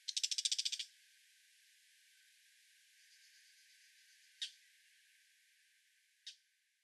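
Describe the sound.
Brown shrike chattering call: a short harsh rattle of rapid notes, then near quiet broken by two single sharp clicks.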